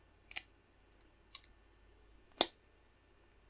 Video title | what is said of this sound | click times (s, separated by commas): Build Valentino Rossi's YZR-M1 Motorcycle - Pack 9 - Stage 37-41 | And as you can hear, they click in, which means they're not going to part. | 0.3 s, 1.4 s, 2.4 s